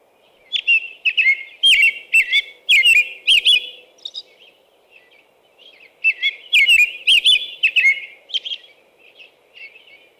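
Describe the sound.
American robin singing two bouts of rich warbled phrases, each a quick string of whistled notes, separated by a brief pause; soft steady hum underneath.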